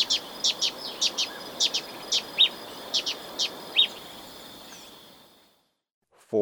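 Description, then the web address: Olive-chested flycatcher giving short, sharp high notes in pairs and singles, several each second, then the sound fades to silence. Ecuador. "Natures Songs S America Birds of Ecuador Olive-chested Flycatcher"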